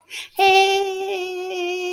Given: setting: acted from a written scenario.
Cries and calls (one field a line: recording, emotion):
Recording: vocal sound without words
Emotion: triumph